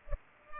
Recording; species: mosquito wingbeat signal from an infrared sensor; Culex pipiens